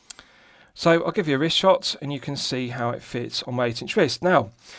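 The metal winding crown of an Agelocer Tourbillon mechanical watch is pushed back into the watch case from the time-setting position, seating with a sharp, positive click at 0.1 s that restarts the movement; a fainter tick follows at 0.2 s. After a short quiet pause, someone talks.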